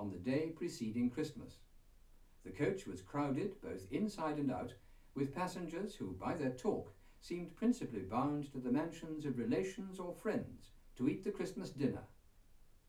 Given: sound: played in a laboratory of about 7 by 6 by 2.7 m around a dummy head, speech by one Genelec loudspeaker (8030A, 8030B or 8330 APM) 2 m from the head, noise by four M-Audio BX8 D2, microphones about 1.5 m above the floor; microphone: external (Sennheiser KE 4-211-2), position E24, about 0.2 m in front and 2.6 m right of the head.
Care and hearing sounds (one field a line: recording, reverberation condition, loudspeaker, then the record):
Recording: male speech in English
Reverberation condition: low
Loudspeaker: 30 degrees to the left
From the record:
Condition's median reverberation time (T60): about 310 ms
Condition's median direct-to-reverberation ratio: about 3.5 dB